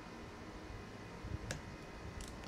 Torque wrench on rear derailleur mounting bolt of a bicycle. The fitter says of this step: you want to crank that bolt up to 35 newm just